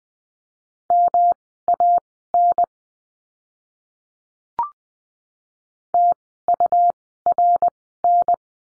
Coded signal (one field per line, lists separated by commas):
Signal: Morse code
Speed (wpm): 20 wpm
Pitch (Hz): 700 Hz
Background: none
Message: MAN TURN